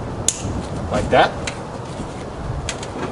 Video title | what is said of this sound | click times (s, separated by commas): How to Install 3rd Millennium M800 Speakers in 90-97 Miata | you'll hear a snap when it sets like | 0.3 s